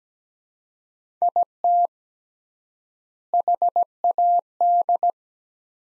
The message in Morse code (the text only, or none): IT HAD